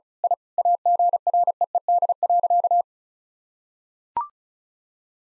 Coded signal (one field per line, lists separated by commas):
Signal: Morse code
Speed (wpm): 36 wpm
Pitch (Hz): 700 Hz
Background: none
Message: I AGREED.